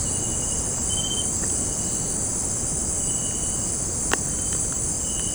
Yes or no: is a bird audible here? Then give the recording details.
no. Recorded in secondary vegetation near Puerto Asís, Putumayo, Colombia, on 8 March 2025 at 18:00. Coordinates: 0.481, -76.318. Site G097